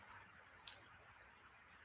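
A plastic LEGO front bumper is pressed back onto a LEGO Tesla car model, giving a single short, sharp click at 0.7 s over a faint steady background hiss. The bumper is seated back in place.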